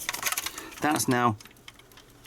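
A replacement key switch is pushed into the keyboard plate of an Acorn Electron home computer, its pins passing through the board, and a sharp click at 0.1 s is followed by a few lighter taps. Someone talks, and the switch is left clipped in place.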